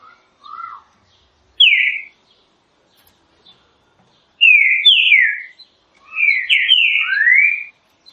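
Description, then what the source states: Green-winged saltator delivering several bright whistled phrases, building into a longer run near the end. Classic song, used for training.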